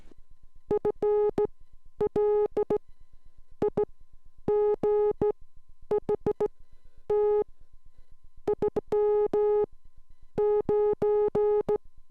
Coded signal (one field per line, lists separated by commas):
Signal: Morse code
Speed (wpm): 16 wpm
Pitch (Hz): 420 Hz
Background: none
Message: FLIGHT IM 9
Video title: Morse Code Class 09